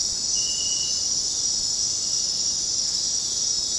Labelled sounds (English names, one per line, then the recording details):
none
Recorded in dense forest near Puerto Asís, Putumayo, Colombia, on 18 February 2024 at 00:30
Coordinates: 0.503, -76.322
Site G6418